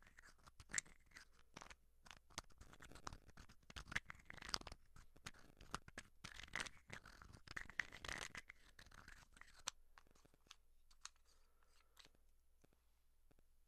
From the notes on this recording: Writing